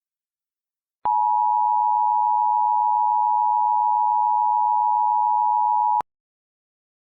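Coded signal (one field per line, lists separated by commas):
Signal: Emergency Alert System (SAME) tones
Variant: 853 and 960 Hz attention tone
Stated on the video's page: Fictional EAS scenario.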